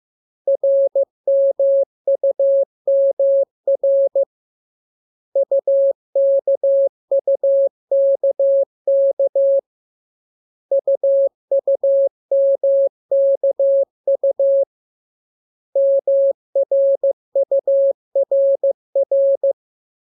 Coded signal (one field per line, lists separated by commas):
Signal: Morse code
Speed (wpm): 15 wpm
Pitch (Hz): 550 Hz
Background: none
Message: RMUMR UKUKK UUMKU MRURR